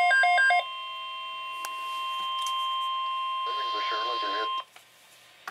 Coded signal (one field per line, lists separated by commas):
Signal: Emergency Alert System (SAME) tones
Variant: 1050 Hz attention tone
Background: speech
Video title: Severe Thunderstorm Watch #170 (EAS #1074)